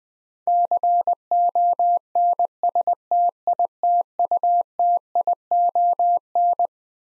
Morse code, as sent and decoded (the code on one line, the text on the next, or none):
-.-. --- -. ... - .. - ..- - .. --- -.
CONSTITUTION